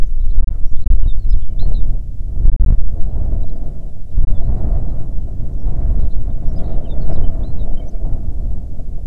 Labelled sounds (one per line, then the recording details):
songbird
wind
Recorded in the Prudhoe Bay oil fields, Alaska, on 6 June 2019 at 14:02
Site 16